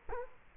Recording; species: mosquito wingbeat signal from an infrared sensor; Culex quinquefasciatus